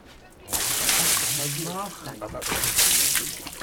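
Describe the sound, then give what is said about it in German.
After a quiet start, water is poured on to wash a fur pelt during tanning, pouring and sloshing in a steady, loud rush that lasts to the end, with a short stretch of someone talking over it partway through. “ich brauche einen, der Wasser zugießt.”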